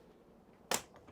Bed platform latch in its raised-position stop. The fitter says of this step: For the 1 click, it's already clicked into place.